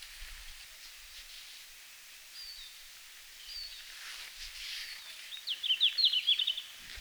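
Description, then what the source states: Red-flanked bluetail song, a short hurried phrase of high notes late on, after a few faint thin notes and a low rumble earlier. Finland, 17 June 2019, 17:00.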